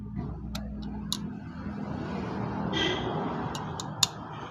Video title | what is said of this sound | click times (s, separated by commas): YAMAHA R15 V3 GEAR SHIFTING PROBLEM/TAMIL | அவ்வளோதான். இப்போ circlip lock ஆகிடுச்சு. | 1.1 s, 4.0 s